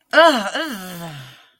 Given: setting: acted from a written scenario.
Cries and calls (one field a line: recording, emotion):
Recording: vocal sound without words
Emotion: negative surprise